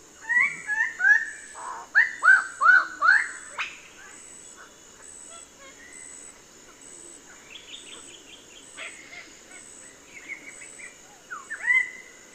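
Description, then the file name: Bird-of-paradise song: a loud run of looping whistled notes, then a long quieter stretch of faint chirps and a single clear whistle near the end. "Canto-do-Pássaro-do-Paraíso"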